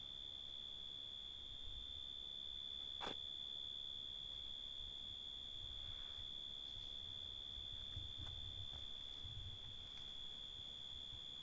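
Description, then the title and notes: Crickets calling, a steady unbroken high trill with a fainter, even higher band above it, continuous throughout, a sharp click near three seconds and a few fainter clicks later, low rumble underneath. Crickets in a natural reserve at Hato Corozal, Casanare, Colombia. "Hato Corozal, Casanare, Colombia - Grillos. GRillos en una REserva NAtural"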